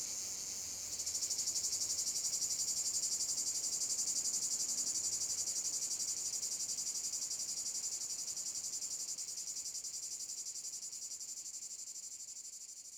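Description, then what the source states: Cicadas buzzing, a high, rapidly pulsed drone rising in the first second, holding steady, then slowly fading toward the end. Cicada field at Domaine de la Sablière, Saint-Privat-de-Champclos, France; recorded with a Zoom H6 using an M/S microphone.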